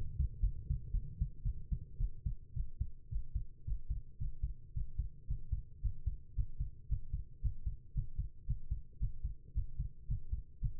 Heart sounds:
heart sounds by stethoscope; 112 bpm
0.40 s: heartbeat
0.91 s: heartbeat
1.43 s: heartbeat
1.98 s: heartbeat
2.54 s: heartbeat
3.09 s: heartbeat
3.65 s: heartbeat
4.18 s: heartbeat
4.74 s: heartbeat
5.27 s: heartbeat
5.82 s: heartbeat
6.35 s: heartbeat
6.88 s: heartbeat
7.41 s: heartbeat
7.94 s: heartbeat
8.46 s: heartbeat
8.99 s: heartbeat
9.54 s: heartbeat
10.07 s: heartbeat
10.60 s: heartbeat
From the record:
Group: healthy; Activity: breath hold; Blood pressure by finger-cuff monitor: 116/84 mmHg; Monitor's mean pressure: 95 mmHg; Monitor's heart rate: 111 bpm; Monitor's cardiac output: 8.3 L/min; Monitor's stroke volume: 73 mL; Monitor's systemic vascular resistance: 860 dyn s/cm5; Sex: female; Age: 19 years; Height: 163 cm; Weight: 51 kg

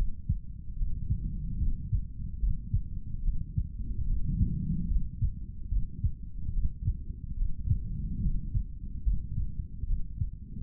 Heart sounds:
heart sounds by stethoscope; 73 bpm
0.77 s: heartbeat
1.59 s: heartbeat
2.40 s: heartbeat
3.22 s: heartbeat
4.06 s: heartbeat
4.88 s: heartbeat
5.69 s: heartbeat
6.52 s: heartbeat
7.36 s: heartbeat
8.21 s: heartbeat
9.04 s: heartbeat
9.86 s: heartbeat
From the record:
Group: healthy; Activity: cold pressor test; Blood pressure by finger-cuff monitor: 97/63 mmHg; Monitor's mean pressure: 74 mmHg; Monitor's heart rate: 73 bpm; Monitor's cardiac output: 3.8 L/min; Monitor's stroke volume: 51 mL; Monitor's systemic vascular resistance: 1420 dyn s/cm5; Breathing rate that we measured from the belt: 18 breaths a minute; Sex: male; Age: 55 years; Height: 167 cm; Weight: 57.2 kg

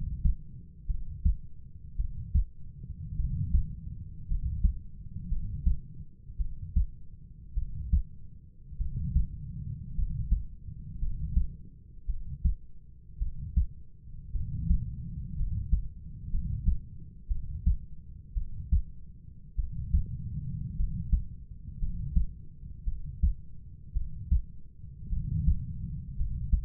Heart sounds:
heart sounds by stethoscope; 55 bpm
0.87 s: heartbeat
1.97 s: heartbeat
3.17 s: heartbeat
4.28 s: heartbeat
5.29 s: heartbeat
6.38 s: heartbeat
7.54 s: heartbeat
8.78 s: heartbeat
9.95 s: heartbeat
10.99 s: heartbeat
12.06 s: heartbeat
13.19 s: heartbeat
14.32 s: heartbeat
15.36 s: heartbeat
16.31 s: heartbeat
17.28 s: heartbeat
18.34 s: heartbeat
19.56 s: heartbeat
20.76 s: heartbeat
21.79 s: heartbeat
22.85 s: heartbeat
23.93 s: heartbeat
25.10 s: heartbeat
26.17 s: heartbeat
From the record:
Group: healthy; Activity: rest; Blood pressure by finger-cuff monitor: 104/51 mmHg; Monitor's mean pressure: 64 mmHg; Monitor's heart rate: 55 bpm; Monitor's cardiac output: 5 L/min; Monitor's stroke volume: 91 mL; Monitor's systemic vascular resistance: 910 dyn s/cm5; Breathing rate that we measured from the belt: 11 breaths a minute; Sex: male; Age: 25 years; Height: 170 cm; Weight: 70.4 kg

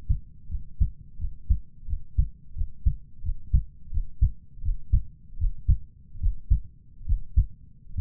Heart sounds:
heart sounds by stethoscope; 80 bpm
0.46 s: heartbeat
1.16 s: heartbeat
1.85 s: heartbeat
2.53 s: heartbeat
3.21 s: heartbeat
3.89 s: heartbeat
4.61 s: heartbeat
5.36 s: heartbeat
6.18 s: heartbeat
7.04 s: heartbeat
7.93 s: heartbeat
From the record:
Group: healthy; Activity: Valsalva maneuver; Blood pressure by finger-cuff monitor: 108/67 mmHg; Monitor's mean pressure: 86 mmHg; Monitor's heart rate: 85 bpm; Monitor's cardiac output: 6 L/min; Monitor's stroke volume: 70 mL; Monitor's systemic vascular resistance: 960 dyn s/cm5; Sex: female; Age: 23 years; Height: 160 cm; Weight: 50.4 kg

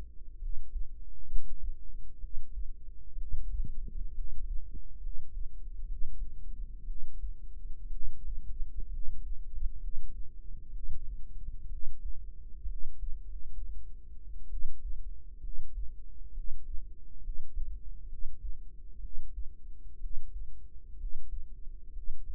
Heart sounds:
heart sounds by microphone in the right ear; 64 bpm
0.37 s: heartbeat
1.25 s: heartbeat
2.18 s: heartbeat
3.16 s: heartbeat
4.12 s: heartbeat
4.98 s: heartbeat
5.86 s: heartbeat
6.84 s: heartbeat
7.88 s: heartbeat
8.88 s: heartbeat
9.77 s: heartbeat
10.70 s: heartbeat
11.67 s: heartbeat
12.65 s: heartbeat
13.22 s: heartbeat
14.48 s: heartbeat
15.39 s: heartbeat
16.31 s: heartbeat
17.19 s: heartbeat
18.06 s: heartbeat
18.99 s: heartbeat
19.98 s: heartbeat
20.95 s: heartbeat
21.91 s: heartbeat
From the record:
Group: healthy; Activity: rest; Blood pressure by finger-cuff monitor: 103/65 mmHg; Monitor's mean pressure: 77 mmHg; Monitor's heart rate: 62 bpm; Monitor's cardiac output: 5.1 L/min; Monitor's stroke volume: 80 mL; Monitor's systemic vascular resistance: 1050 dyn s/cm5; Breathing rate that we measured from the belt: 14 breaths a minute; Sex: female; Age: 22 years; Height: 171 cm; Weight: 65.6 kg

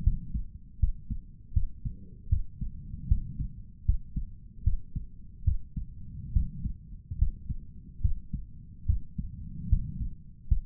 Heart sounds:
heart sounds by stethoscope; 75 bpm
0.03 s: heartbeat
0.79 s: heartbeat
1.53 s: heartbeat
2.29 s: heartbeat
3.07 s: heartbeat
3.85 s: heartbeat
4.63 s: heartbeat
5.44 s: heartbeat
6.32 s: heartbeat
7.18 s: heartbeat
8.01 s: heartbeat
8.86 s: heartbeat
9.69 s: heartbeat
10.47 s: heartbeat
From the record:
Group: healthy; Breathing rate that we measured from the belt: 18 breaths a minute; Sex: male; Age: 35 years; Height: 178 cm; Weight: 64 kg

